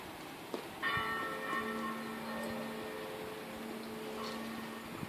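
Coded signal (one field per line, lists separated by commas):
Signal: bell signal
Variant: five swung church bells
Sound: several large church bells ringing and overlapping, long humming decays between strikes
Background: outdoor ambience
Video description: concerto di 5 campane mezz' ora prima della messa delle 09:30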